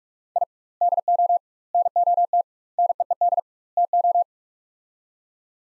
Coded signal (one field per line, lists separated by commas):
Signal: Morse code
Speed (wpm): 46 wpm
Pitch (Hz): 700 Hz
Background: none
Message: I DO NOT NEED TO